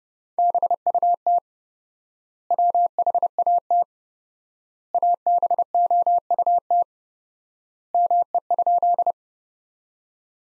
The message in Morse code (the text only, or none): BUT WHAT ABOUT ME?